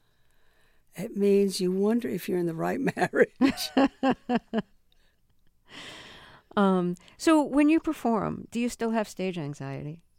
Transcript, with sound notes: It means you wonder if you're in the right marriage.
(Laughter). So when you perform, do you still have stage anxiety?